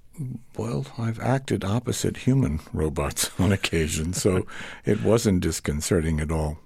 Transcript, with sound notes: Well, I've acted opposite human robots on occasion.
(LAUGHTER)
So it wasn't disconcerting at all.